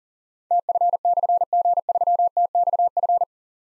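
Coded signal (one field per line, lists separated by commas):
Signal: Morse code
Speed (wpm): 38 wpm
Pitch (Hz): 700 Hz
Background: none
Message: TF/G3TXF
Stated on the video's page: Call-sign copy drill at 40 wpm: difficult call signs with slashes, sent in Morse, spoken, then sent again.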